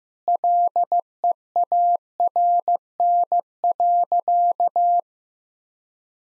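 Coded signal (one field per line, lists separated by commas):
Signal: Morse code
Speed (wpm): 15 wpm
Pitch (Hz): 700 Hz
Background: none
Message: LEARN.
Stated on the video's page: Morse practice set at 15 wpm: sentences built from common two-word phrases, each sent twice, for head-copy drills.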